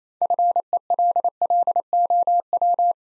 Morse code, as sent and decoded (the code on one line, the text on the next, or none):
..-. . .-.. .-.. --- .--
FELLOW